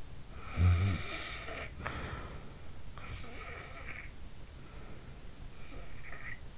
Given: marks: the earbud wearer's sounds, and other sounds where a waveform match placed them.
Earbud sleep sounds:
sounds in sleep by an in-ear microphone; snoring breath, breath
0.11-3.14 s: snoring breath
3.14-6.58 s: breath

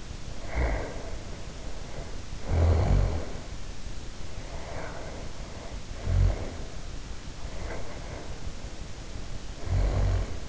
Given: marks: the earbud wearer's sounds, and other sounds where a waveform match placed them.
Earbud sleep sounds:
sounds in sleep by an in-ear microphone; snoring breath
0.29-3.54 s: snoring breath
4.32-6.75 s: snoring breath
7.40-10.49 s: snoring breath

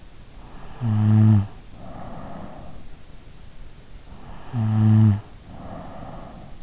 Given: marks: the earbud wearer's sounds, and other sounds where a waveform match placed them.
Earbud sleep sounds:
sounds in sleep by an in-ear microphone; snoring breath
0.01-3.21 s: snoring breath
4.12-6.63 s: snoring breath

